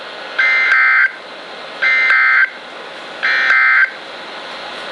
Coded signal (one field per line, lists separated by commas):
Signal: Emergency Alert System (SAME) tones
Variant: end-of-message bursts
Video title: NOAA - Severe Thunderstorm Warning (EAS #790)